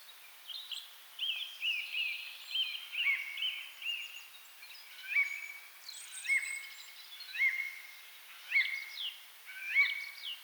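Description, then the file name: Eurasian jay giving clear, slightly rising tonal calls near one pitch, repeated roughly once a second, with fainter overlapping bird notes and a soft background hiss. "Garrulus glandarius"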